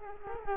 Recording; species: mosquito wingbeat signal from an infrared sensor; Culex quinquefasciatus